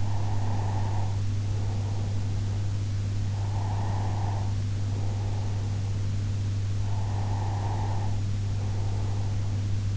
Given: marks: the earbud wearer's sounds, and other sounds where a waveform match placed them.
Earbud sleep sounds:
sounds in sleep by an in-ear microphone; breath
0.00-2.78 s: breath
3.29-6.20 s: breath
6.88-9.86 s: breath

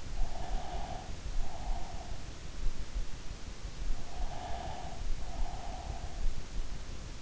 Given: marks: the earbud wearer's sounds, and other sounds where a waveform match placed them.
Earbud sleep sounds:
sounds in sleep by an in-ear microphone; breath
0.12-2.38 s: breath
4.14-6.34 s: breath

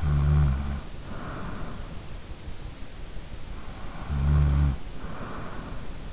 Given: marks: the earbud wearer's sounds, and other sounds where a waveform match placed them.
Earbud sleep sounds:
sounds in sleep by an in-ear microphone; snoring breath
0.00-1.90 s: snoring breath
4.06-5.94 s: snoring breath

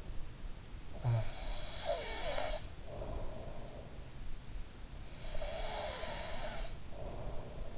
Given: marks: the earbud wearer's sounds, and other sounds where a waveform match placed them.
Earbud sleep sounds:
sounds in sleep by an in-ear microphone; snoring breath, breath
0.24-2.93 s: snoring breath
5.22-7.78 s: breath

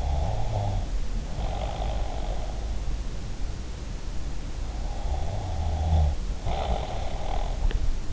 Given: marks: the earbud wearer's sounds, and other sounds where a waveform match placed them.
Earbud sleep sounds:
sounds in sleep by an in-ear microphone; snoring breath
0.00-2.36 s: snoring breath
5.13-7.55 s: snoring breath

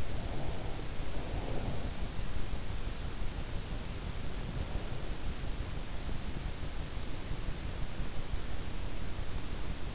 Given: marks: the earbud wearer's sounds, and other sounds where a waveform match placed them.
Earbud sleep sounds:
sounds in sleep by an in-ear microphone; breath
0.00-1.99 s: breath

